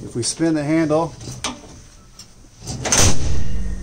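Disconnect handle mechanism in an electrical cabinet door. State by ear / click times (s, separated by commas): seated / 2.8 s, 2.9 s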